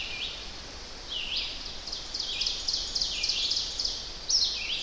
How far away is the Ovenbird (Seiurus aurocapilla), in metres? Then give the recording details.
about 60 m. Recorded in boreal forest in Alberta, Canada, on 10 June 2016 at 06:56. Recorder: SongMeter 3, array SBT-3-39. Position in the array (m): 196 m, 89 m. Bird 17